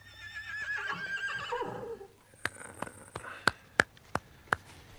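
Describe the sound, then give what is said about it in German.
A black stallion, its coat shading into blue, lets out a long, high, quavering whinny that slides downward and fades, followed by about seven sharp, uneven hoof clops. “Dieser Hengst hat die drei höchsten Tugenden eines guten Pferdes.”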